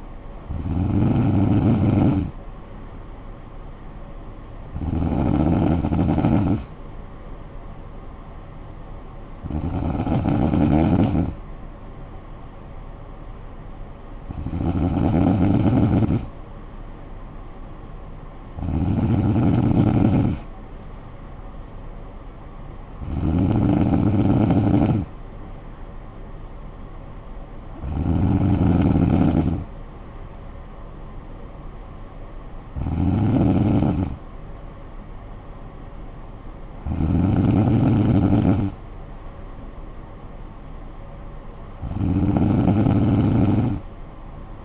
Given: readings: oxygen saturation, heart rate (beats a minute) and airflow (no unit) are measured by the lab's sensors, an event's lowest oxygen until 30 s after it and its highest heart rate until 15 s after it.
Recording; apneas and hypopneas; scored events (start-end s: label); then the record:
breathing in sleep by a smartphone at the bedside; none
none scored
From the record:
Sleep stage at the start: N3 (deep sleep); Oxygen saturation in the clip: 94 to 95%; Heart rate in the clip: 53 to 60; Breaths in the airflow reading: 10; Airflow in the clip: -9.6 to 6.5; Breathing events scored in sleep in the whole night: 445 in 7.6 hours asleep